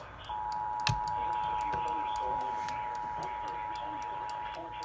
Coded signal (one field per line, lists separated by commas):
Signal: Emergency Alert System (SAME) tones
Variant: 853 and 960 Hz attention tone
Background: speech